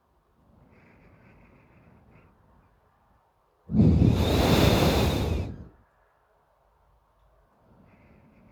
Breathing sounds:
nose breathing near a microphone
0.29-3.57 s: inhalation
3.57-5.79 s: exhalation
7.42-8.52 s: inhalation
From the record:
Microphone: phone

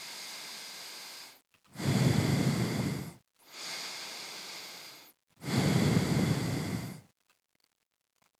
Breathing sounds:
nose breathing near a microphone
0.00-1.53 s: inhalation
1.53-3.28 s: exhalation
3.28-5.28 s: inhalation
5.28-7.18 s: exhalation
From the record:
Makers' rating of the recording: medium

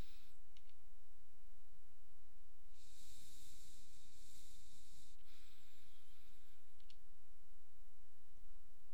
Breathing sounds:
nose breathing near a microphone
0.00-0.56 s: inhalation
2.66-5.11 s: exhalation
5.11-6.86 s: inhalation
From the record:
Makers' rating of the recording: medium

